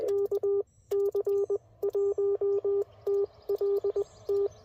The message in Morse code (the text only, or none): KC1TLT